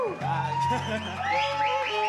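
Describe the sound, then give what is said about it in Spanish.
A crowd applauds, cheers and whoops for the dancers at the Festival Flores Del Corazón, with rising shouts over a steady buzz of noise and sustained tones running underneath throughout. “Escucha ese aplauso.”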